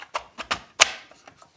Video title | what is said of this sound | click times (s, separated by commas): Remington 700 Upgrade! Magpul Hunter 700L Stock & More - Gun Stock Reviews 1606 | there you go. Pops right in. | 0.8 s